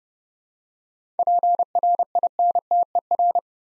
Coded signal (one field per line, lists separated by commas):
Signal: Morse code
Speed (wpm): 30 wpm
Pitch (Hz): 700 Hz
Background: none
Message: PRINTER